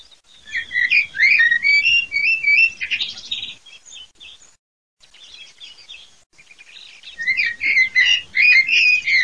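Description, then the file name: Common blackbird warbling song of mellow whistled phrases and chirps in quick succession, interrupted by a short silent break before resuming. "MERLOLUCCA"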